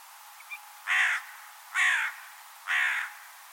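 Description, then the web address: Bird giving three harsh, raspy caws, evenly spaced about a second apart, with a faint short note before the first. "Deverinetal 2025 File origin Bird Only"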